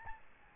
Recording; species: mosquito wingbeat signal from an infrared sensor; Aedes albopictus